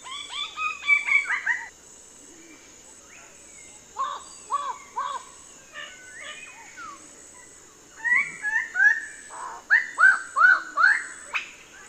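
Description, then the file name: Bird-of-paradise song: bursts of rapid, slurred whistled notes in quick succession, separated by short pauses, with faint scattered chirps between. "Canto-do-Pássaro-do-Paraíso"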